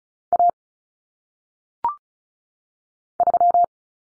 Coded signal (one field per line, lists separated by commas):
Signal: Morse code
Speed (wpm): 36 wpm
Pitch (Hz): 700 Hz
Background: none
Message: A 3